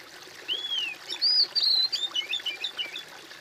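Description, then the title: Bird song: a sweet whistled phrase starting with a slurred note, then quick arched whistles falling into a twittering descending trill, with faint hiss behind. "kOMPILASI suara bird"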